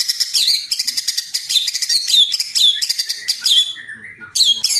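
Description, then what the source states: White-rumped shama singing a dense, scratchy run of mixed notes with sliding whistles. Short gaps break the run, and it comes back strongly near the end. Masteran training recording for caged birds, titled Murai Batu Labaik.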